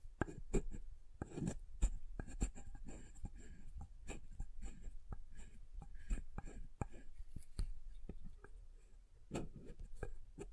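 Soap being tapped and carved, heard as a dense run of sharp clicks and scratchy scraping strokes. Taps come several times a second, irregular in rhythm, with a few louder knocks near the start and around nine seconds. A low soft rumble runs underneath throughout.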